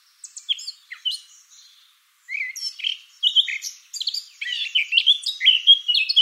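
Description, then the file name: Eurasian blackcap song: a few scattered high notes, a brief pause, then an energetic run of varied warbling that grows louder. "Sylvia atricapilla"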